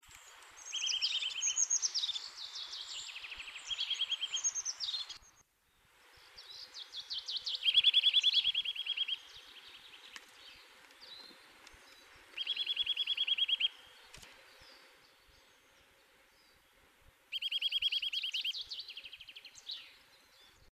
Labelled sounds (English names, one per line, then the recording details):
Eurasian Nuthatch song
European Greenfinch
Common Chaffinch
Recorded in the wild
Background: Chloris chloris, Fringilla coelebs
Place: Oberstdorf, Bayern, DE
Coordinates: 47.4022, 10.22
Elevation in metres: 1001
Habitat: mountains
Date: 1977-03-25 12:00
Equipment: Nagra IV, Sennheiser MKH 405, Parabolreflektor
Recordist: Tretzel, Erwin
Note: Sesselalpe, Oberstdorf: Gesang